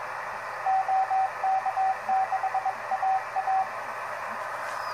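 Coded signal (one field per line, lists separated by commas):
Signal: Morse code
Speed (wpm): 21 wpm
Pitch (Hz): 760 Hz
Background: radio noise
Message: OK6AA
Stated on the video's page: CW reception test on a Patcomm PC-9000 CW transceiver.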